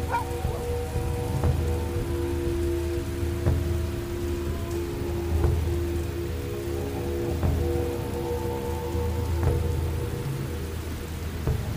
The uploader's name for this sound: lost in the dark village Asmr ambience